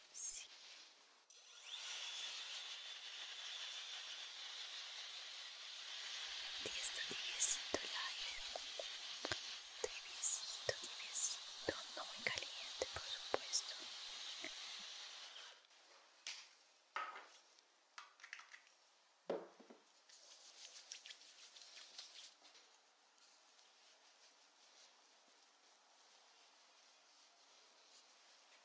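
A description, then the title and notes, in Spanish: A hair wash and scalp massage: a steady bright hiss like running water fills the first half, with small clinks and taps scattered over it. After about fifteen seconds the hiss stops and only sparse handling sounds and a brief scrape remain before near silence. ASMR Lavado de cabello. Te lavo y masajeo tu cuero cabelludo.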